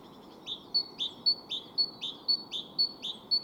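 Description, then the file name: Great tit song: a steady run of bright two-part notes, each pair repeated about twice a second, over a constant low rushing background noise. "Parus major"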